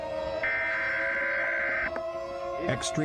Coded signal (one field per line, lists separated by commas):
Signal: Emergency Alert System (SAME) tones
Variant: header bursts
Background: speech